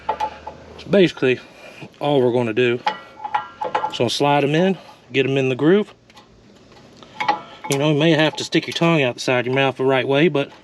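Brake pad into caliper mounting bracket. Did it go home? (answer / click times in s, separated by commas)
no / none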